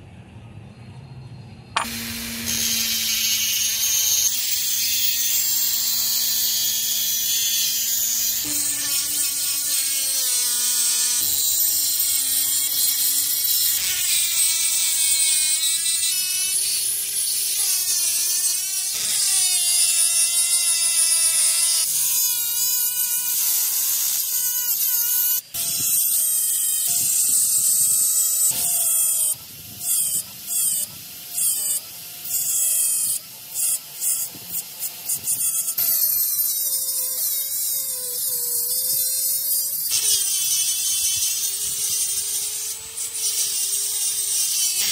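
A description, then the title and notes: A power tool grinds metal almost continuously, harsh, its whine shifting in pitch, with rapid stop-start bursts around the middle. Forging POSEIDON'S TRIDENT Out of Rusty Hook.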